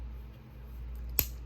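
A Spyderco Native 5 Salt steel folding knife is flicked open and its lockback engages the blade with a single sharp, bright click at 1.2 seconds. The click stands out over a quiet, low hum, and the locked blade has zero play.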